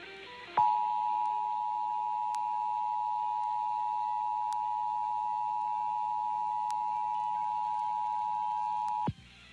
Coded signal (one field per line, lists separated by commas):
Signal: Emergency Alert System (SAME) tones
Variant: 853 and 960 Hz attention tone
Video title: WMDT-DT2 Emergency Alert System - Required Monthly Test (December 28, 2022)